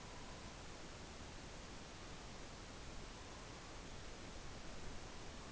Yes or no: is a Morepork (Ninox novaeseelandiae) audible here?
no